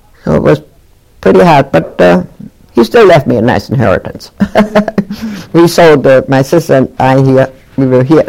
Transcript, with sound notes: So it was pretty hard, but he still left me a nice inheritance. [Laughs] We sold — my sister and I here, we were here.